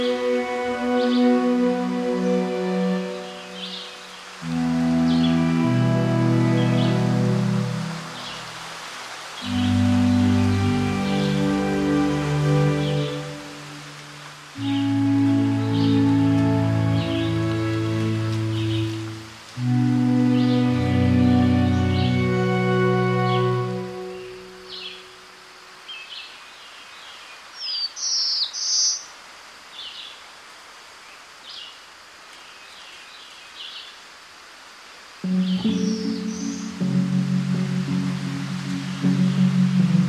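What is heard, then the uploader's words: On Florida's Palm Hammock Trail, deep droning calls repeat in five-second bursts, pause with brief high chirps around thirty seconds, then resume. Today’s Soundwalk was taken April 8th 2022 along the Palm Hammock Trail at Merritt Island NWR in Florida. A palm hammock is an elevated plane in wetland environments where where Oaks, wild tamarind, cabbage palms, maple, and saw palmetto thrive.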